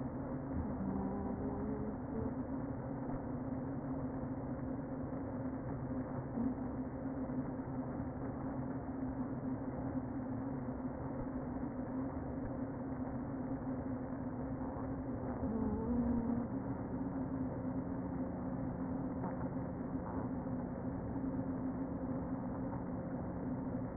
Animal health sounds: honeybee colony, microphone inside the hive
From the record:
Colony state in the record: queen present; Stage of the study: before two queens were removed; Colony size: about 60,000 bees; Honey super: yes

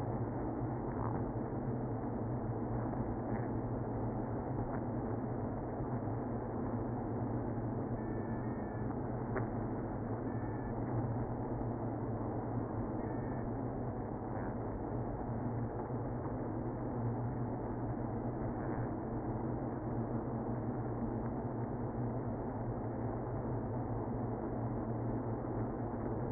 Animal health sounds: honeybee colony, microphone inside the hive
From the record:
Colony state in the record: queenless (queen removed); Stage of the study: after two queens were removed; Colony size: about 60,000 bees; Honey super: yes

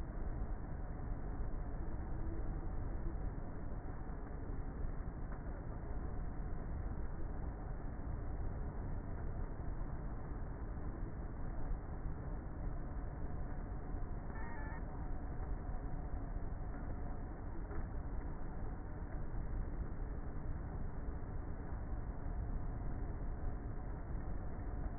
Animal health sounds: honeybee colony, microphone inside the hive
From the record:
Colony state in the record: queenless with a low population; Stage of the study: before two queens were removed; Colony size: about 30,000 bees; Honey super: no

